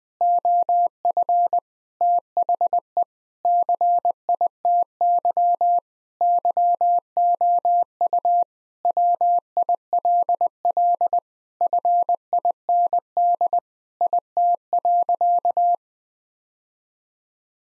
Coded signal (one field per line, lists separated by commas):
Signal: Morse code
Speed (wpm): 19 wpm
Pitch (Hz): 700 Hz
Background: none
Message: OF THE CITY YOU WILL FIND IT.